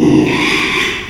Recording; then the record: squeal of a Yucatan mini pig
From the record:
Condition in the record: after surgery on the right vocal fold (resection and tissue-engineered implant); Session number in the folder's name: 1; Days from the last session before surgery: 6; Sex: male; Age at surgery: 12 weeks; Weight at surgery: 13 kg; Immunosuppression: cyclosporine, prednisolone